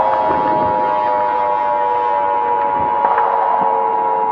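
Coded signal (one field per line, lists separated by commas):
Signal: Emergency Alert System (SAME) tones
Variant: 853 and 960 Hz attention tone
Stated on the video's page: Fictional EAS scenario, not a real event.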